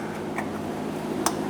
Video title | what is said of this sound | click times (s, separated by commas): How to Replace Fuel Pump Assembly 2014-2018 Chevrolet Silverado 1500 | push it into place heard a solid click we'll give it a push make sure it's locked in | 1.3 s